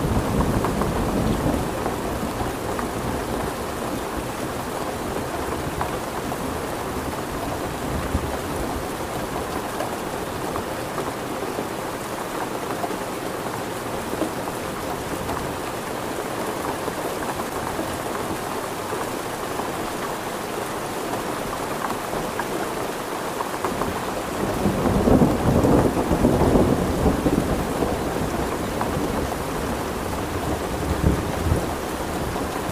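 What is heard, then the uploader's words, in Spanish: Steady, soft rain falls throughout, a dense even hiss with fine patter on a surface. Low rumbles of thunder roll underneath at the start, and a louder roll swells around the twenty-five second mark before settling back into the rain. Tormenta. Lluvia Suave.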